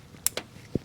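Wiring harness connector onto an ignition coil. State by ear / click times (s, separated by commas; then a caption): seated / 0.3 s. A wiring harness connector is pushed onto a freshly installed ignition coil on the 2.4L engine of a Honda CR-V during a spark plug replacement on a car running rough. Its plastic latch gives a faint, sharp click at 0.3 s, followed by a few quieter ticks and a low thump. The connector is seated.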